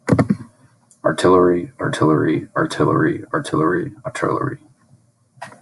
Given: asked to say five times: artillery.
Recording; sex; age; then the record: repeated word; male; 20 to 29 years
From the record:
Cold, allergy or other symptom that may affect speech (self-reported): no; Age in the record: 22 years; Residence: Ohio, United States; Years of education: 16